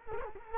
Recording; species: mosquito wingbeat signal from an infrared sensor; Culex quinquefasciatus